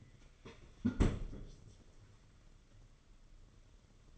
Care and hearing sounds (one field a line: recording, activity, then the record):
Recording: daily activity, microphone in the room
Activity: close fridge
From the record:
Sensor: 4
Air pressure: 995.3 hPa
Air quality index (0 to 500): 212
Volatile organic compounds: 234 ppm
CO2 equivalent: 4317 ppm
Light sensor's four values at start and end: 33/105/39/44 and 33/103/38/43